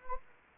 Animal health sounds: mosquito wingbeat signal from an infrared sensor; Anopheles gambiae

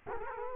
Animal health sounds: mosquito wingbeat signal from an infrared sensor; Culex quinquefasciatus

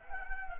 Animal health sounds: mosquito wingbeat signal from an infrared sensor; Anopheles arabiensis

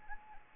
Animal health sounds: mosquito wingbeat signal from an infrared sensor; Anopheles gambiae

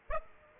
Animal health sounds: mosquito wingbeat signal from an infrared sensor; Aedes aegypti

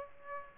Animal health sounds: mosquito wingbeat signal from an infrared sensor; Aedes aegypti

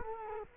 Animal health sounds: mosquito wingbeat signal from an infrared sensor; Culex quinquefasciatus

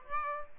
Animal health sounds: mosquito wingbeat signal from an infrared sensor; Aedes aegypti

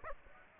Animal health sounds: mosquito wingbeat signal from an infrared sensor; Aedes aegypti

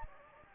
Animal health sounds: mosquito wingbeat signal from an infrared sensor; Anopheles gambiae

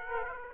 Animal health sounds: mosquito wingbeat signal from an infrared sensor; Aedes aegypti

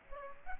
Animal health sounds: mosquito wingbeat signal from an infrared sensor; Aedes aegypti

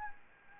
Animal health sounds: mosquito wingbeat signal from an infrared sensor; Aedes albopictus

